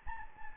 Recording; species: mosquito wingbeat signal from an infrared sensor; Anopheles gambiae